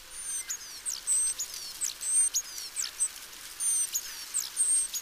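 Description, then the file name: Great tit calls: thin, very high notes, some steady and some sharply sliding, given in quick irregular bursts over quiet background. "Parus major"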